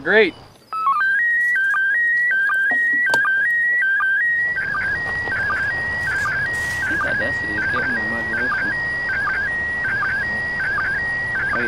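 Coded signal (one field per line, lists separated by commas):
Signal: SSTV (slow-scan television)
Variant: PD 180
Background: speech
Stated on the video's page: ISS slow scan TV transmission received in Raleigh, North Carolina, during the International Space Station SSTV event.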